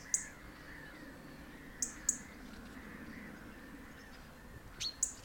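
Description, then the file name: European robin calls: a few abrupt, high clicking notes spaced irregularly, a close pair near the middle, over a low continuous background hum. "Erithacus rubecula"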